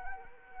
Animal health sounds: mosquito wingbeat signal from an infrared sensor; Anopheles arabiensis

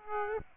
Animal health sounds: mosquito wingbeat signal from an infrared sensor; Aedes aegypti

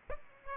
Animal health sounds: mosquito wingbeat signal from an infrared sensor; Aedes aegypti

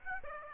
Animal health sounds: mosquito wingbeat signal from an infrared sensor; Aedes aegypti

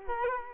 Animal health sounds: mosquito wingbeat signal from an infrared sensor; Culex quinquefasciatus

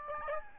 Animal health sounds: mosquito wingbeat signal from an infrared sensor; Aedes albopictus

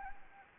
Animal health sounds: mosquito wingbeat signal from an infrared sensor; Anopheles gambiae

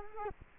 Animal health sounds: mosquito wingbeat signal from an infrared sensor; Culex quinquefasciatus

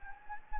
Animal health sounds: mosquito wingbeat signal from an infrared sensor; Anopheles gambiae

